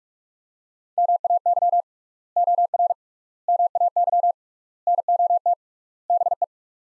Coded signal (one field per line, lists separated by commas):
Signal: Morse code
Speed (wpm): 47 wpm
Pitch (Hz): 700 Hz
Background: none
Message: MAY OR MAY NOT BE